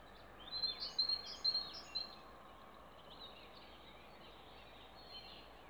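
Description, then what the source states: Songbird sings a short run of bright high chirps, then softer faint twitters follow over a low hiss. Recorded 29 April 2020 in Ježdovec scrubland, at Rakitje lake and in Stupnik forest.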